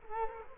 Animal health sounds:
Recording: mosquito wingbeat signal from an infrared sensor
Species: Culex quinquefasciatus

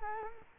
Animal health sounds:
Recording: mosquito wingbeat signal from an infrared sensor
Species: Culex quinquefasciatus

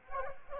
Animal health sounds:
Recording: mosquito wingbeat signal from an infrared sensor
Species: Culex quinquefasciatus

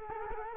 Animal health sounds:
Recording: mosquito wingbeat signal from an infrared sensor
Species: Culex quinquefasciatus

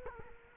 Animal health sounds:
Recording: mosquito wingbeat signal from an infrared sensor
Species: Culex quinquefasciatus

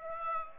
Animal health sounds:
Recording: mosquito wingbeat signal from an infrared sensor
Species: Aedes aegypti

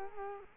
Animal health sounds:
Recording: mosquito wingbeat signal from an infrared sensor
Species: Culex quinquefasciatus

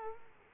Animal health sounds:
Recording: mosquito wingbeat signal from an infrared sensor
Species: Culex quinquefasciatus

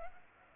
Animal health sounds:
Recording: mosquito wingbeat signal from an infrared sensor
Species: Culex pipiens

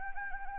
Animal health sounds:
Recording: mosquito wingbeat signal from an infrared sensor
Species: Anopheles gambiae

